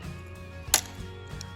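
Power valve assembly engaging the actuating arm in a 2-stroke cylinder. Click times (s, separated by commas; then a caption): 0.7 s. On a KTM 200 two-stroke dirt bike whose power valve stuck after a top end fix, the power valve assembly is hooked and pulled through the cylinder's sight window so it overlaps and mates with the metal actuating arm. Against a steady tonal hum, a sharp, loud snap at 0.7 s marks the linkage seating into engagement, followed by a faint tap around 1.4 s.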